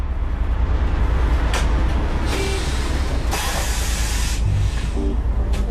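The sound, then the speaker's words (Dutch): A steady low engine rumble runs throughout as a bus comes to a stop in Vlaardingen, broken by several loud bursts of air hissing as the brakes release and the doors open. “We stappen de bus uit in Vlaardingen.”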